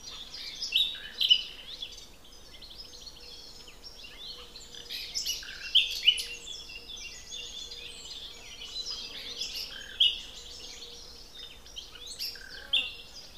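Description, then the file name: Common nightingale singing varied phrases with sharp repeated notes and short loud bursts every few seconds, amid a dense chorus of other birds chirping. "Luscinia megarhynchos"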